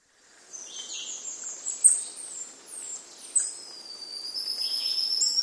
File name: golden lion tamarin